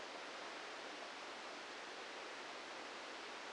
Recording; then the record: brain microelectrode recording played as sound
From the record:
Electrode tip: inside the subthalamic nucleus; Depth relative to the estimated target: 1 mm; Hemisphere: left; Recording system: NeuroSet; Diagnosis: Parkinson's disease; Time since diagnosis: 14 years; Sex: male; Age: 51 years